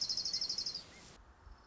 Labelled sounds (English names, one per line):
Orange-crowned Warbler